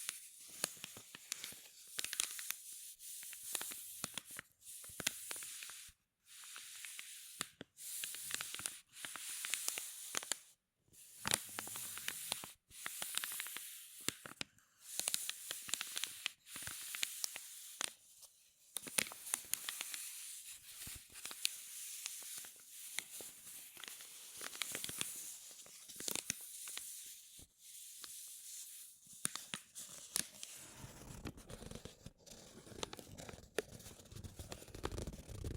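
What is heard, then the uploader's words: Bright rubbing and crinkling come in dense bursts with short pauses; after about thirty seconds a low rumble joins the softer rustling. Rubbing and Crinkles (NO TALKING).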